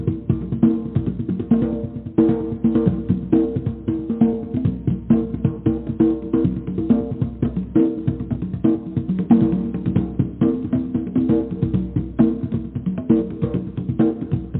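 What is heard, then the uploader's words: Drumming plays steadily throughout, a dense, fast run of sharp hits with no pauses. The sound sits low and warm, with booming tones underneath and the top end dull and cut off. The beat stays busy and even, with slightly stronger accents recurring every second or so. Drumming: Powerful. Drumming vibrations.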